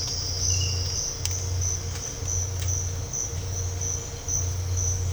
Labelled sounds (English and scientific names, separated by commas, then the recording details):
none
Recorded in dense forest near Puerto Asís, Putumayo, Colombia, on 8 March 2025 at 07:00
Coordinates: 0.468, -76.322
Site GP01